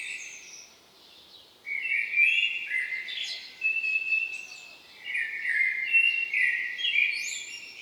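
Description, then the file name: Common blackbird with flowing, whistled song phrases, mellow and slightly wavering with sharp high squeaks mixed in, several in quick succession. "Turdus merula"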